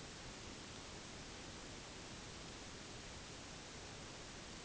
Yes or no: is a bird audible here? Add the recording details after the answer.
no. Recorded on Arctic tundra, site NAIT-1, on 1 July 2019. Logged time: 08:00